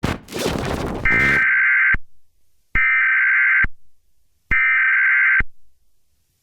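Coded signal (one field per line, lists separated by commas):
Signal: Emergency Alert System (SAME) tones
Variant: header bursts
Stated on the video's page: Fictional EAS scenario broadcast about a national attack and crisis.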